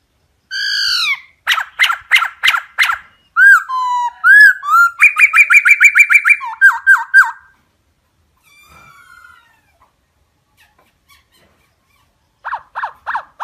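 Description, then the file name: Laughingthrush song of rich whistled slurs and staccato note trains, a rapid repeated series near the middle, then a quiet gap and fresh sharp notes. Song in the 'giọng rừng' (wild voice) style. "Tieng khuou hot giong rung"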